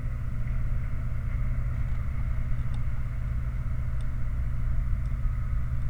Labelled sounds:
vehicle
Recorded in the Prudhoe Bay oil fields, Alaska, on 29 July 2019 at 03:46
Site 29

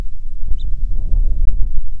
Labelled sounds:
songbird
wind
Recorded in the Prudhoe Bay oil fields, Alaska, on 6 August 2019 at 05:06
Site 22

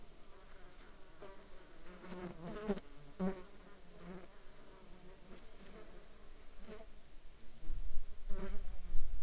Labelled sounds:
insects
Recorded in the Arctic National Wildlife Refuge, Alaska, on 17 July 2019 at 15:20
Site 35

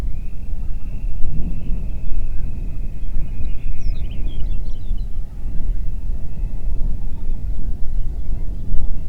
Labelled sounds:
songbird
wind
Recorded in the Prudhoe Bay oil fields, Alaska, on 8 June 2019 at 04:52
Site 30

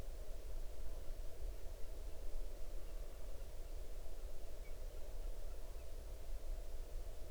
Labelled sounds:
waterfowl
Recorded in the Arctic National Wildlife Refuge, Alaska, on 8 June 2019 at 00:16
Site 40

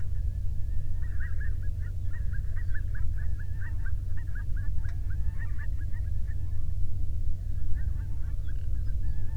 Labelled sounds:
songbird
waterfowl
man-made sound
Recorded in the Prudhoe Bay oil fields, Alaska, on 13 June 2019 at 00:06
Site 24

